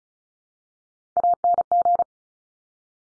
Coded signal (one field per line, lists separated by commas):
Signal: Morse code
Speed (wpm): 36 wpm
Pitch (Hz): 700 Hz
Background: none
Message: ANG